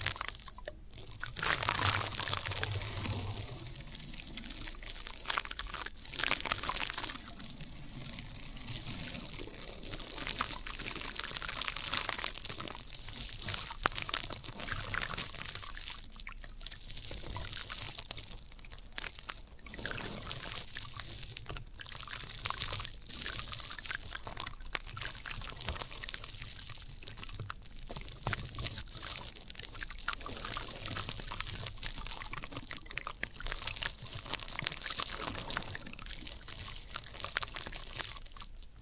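Floral foam being handled, with a dense run of crisp, bright crackling and squishing through the whole stretch. Sharp clicks and snaps punctuate it irregularly, a few every second, while wet, watery squelches recur, and a low thump sounds near the start.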